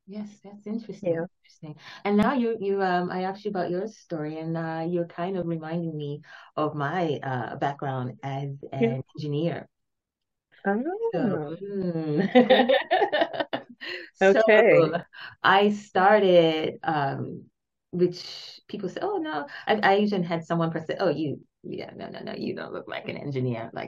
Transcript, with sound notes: Yes, that’s interesting, and now you, um, I asked you about your story, and, uh, you’re kind of reminding me of my background as an engineer. [Laughter] I started, um, which people say, “Oh no, I Asian, had someone first say, ‘Oh, you, yeah, no, no, no, you don’t look like an engineer.'”